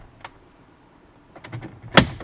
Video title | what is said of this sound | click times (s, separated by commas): Ford Superduty Sync2 to Sync3 Upgrade | Again, you hear it pop. Sounds like something terrible is happening, but it's not. | 2.0 s